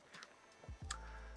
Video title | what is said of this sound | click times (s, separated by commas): NEW FOR AUGUST | these little snug ears that just pull up and click into place | 0.9 s